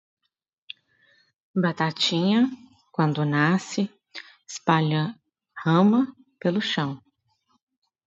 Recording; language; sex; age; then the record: short text; Brazilian Portuguese; female; 30 to 39 years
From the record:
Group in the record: control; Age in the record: 34 years